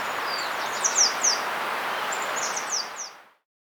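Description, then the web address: Capped conebill calls, thin very high descending chips given in two quick bursts over steady background hiss. Recorded in South America. "Natures Songs S America Capped Conebill"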